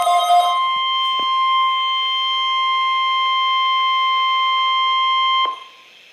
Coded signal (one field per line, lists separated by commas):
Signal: Emergency Alert System (SAME) tones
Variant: 1050 Hz attention tone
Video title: Eas 63 required weekly test